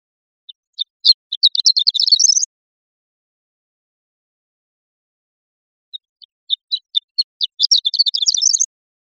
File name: CR HOLA 2 030603